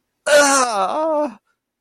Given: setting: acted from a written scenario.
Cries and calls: vocal sound without words; fear

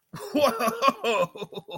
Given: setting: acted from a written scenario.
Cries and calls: vocal sound without words; positive surprise

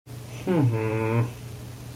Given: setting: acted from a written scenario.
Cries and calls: vocal sound without words; sympathy

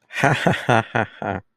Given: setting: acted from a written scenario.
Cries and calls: vocal sound without words; amusement

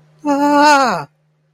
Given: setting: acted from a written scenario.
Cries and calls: vocal sound without words; fear

